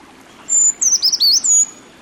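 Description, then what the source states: Brown creeper song, a thin, very high sequence that starts with a long level note and then drops in wavering notes before rising again. Mature forest; slim bird creeping up tree trunks searching for insects.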